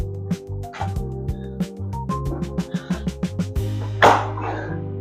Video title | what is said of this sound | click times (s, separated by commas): This Folding Mobility Scooter Weighs Just 29 Lbs! - Supa Carbon Lite | And then it actually snaps right into place. | 4.0 s